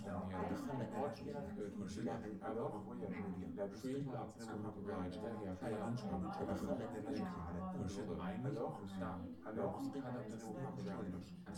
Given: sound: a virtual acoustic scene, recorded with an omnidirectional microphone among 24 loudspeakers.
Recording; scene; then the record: noise of the scene; living room, symmetric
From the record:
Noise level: 70 dB SPL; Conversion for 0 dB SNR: 6.9 dB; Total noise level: 76.9 dB SPL